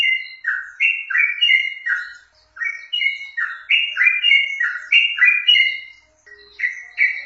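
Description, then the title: Yellow-vented bulbul song: bubbly, chattering phrases of short slurred notes, delivered rapidly with two brief pauses. Wild bird. "Trucuk Liar"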